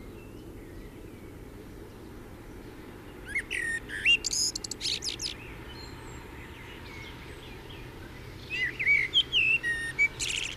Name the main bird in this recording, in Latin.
Turdus merula